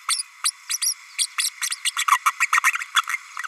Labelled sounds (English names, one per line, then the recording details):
Green-rumped Parrotlet babbling
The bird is a female
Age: 32 days
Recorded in a nest box in Venezuela
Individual 17B32A5